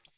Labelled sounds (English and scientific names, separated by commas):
Hooded Warbler (Setophaga citrina) flight call